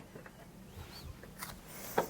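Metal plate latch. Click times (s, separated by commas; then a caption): 2.0 s. A tag-along platen is slid and shimmied onto a heat press's quick-release mount. Two quieter knocks come at about 0.3 and 1.2 seconds, then a louder sharp click at 2.0 seconds as the platen locks into place.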